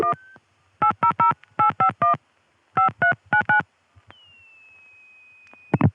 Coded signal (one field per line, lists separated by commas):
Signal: DTMF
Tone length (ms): 110 ms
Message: 1 800851 5399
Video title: Early80s Pgm 5: Effect of CCIS on Phreaking, Olney SF'ing, 1981-83